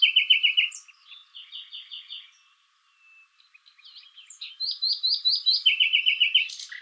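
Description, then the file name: Common nightingale song of evenly repeated chirp series at several pitches, a short pause, then a set of repeated notes and another fast chirping run. "Luscinia megarhynchos"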